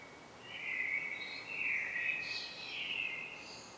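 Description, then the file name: Common blackbird song, a soft, mellow warbling phrase in several linked parts with faint high squeaks, against gentle background noise. "Turdus merula"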